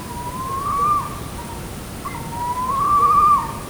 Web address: allathangok termeszetben macskabagoly 2015 mozgasbanlevomadar ejszaka perkupa